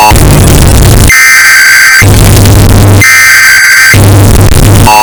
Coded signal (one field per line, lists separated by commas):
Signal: Emergency Alert System (SAME) tones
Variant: header bursts